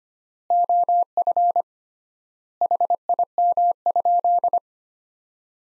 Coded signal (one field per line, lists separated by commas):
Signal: Morse code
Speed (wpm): 25 wpm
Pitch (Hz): 700 Hz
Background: none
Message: OF HIM?